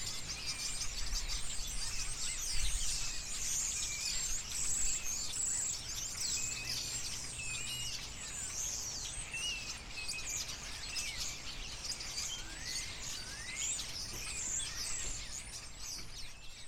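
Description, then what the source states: Birds twittering in a busy, unbroken chorus of high squeaks and quick chirps, with occasional upward-sliding whistles and a low rumble below. Birds in a tree.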